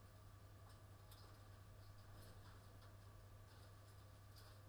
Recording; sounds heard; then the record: poultry house recording; no chicken sound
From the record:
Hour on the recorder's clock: 20